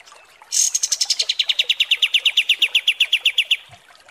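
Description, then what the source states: Pied Triller trilling song: a sharp high note followed by a fast, even series of many clipped notes over three seconds, falling in pitch, then stopping. Training song (masteran) for teaching songbirds.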